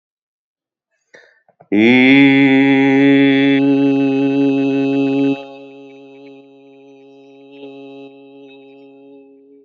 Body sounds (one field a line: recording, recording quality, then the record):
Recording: sustained vowel as in beet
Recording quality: excellent, no background noise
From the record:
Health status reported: exposed to COVID-19, no respiratory illness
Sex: male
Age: 48 years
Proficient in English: yes